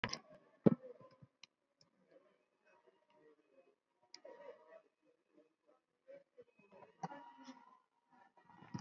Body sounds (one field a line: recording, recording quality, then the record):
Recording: shallow breathing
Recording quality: poor, much background noise or distortion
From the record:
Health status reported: COVID-19 positive, moderate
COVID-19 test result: positive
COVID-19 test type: RT-PCR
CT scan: taken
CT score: 13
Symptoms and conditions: cough, cold, breathing difficulty, sore throat, fever, fatigue, muscle pain, asthma, another respiratory illness, hypertension, ischaemic heart disease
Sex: male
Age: 81 years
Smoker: no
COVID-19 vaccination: both doses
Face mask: worn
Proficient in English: yes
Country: India